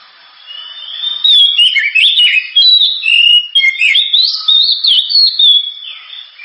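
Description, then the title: Oriental magpie-robin singing continuously, a dense string of sharp whistles, slurred notes and chirps rising and falling. Sharp, very loud 'gacor' (constantly singing) kacer song, suited as 'pancingan', a lure to prompt other birds to sing. "Kacer Gacor Suara Tajam. Kacer Gacor Suara Super Kenceng Cocok untuk Pancingan"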